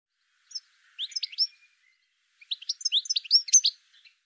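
Bird song: two short phrases of quick high chirps and slurred notes, separated by a pause of about a second.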